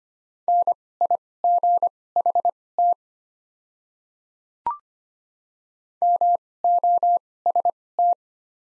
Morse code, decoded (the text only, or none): NIGHT MOST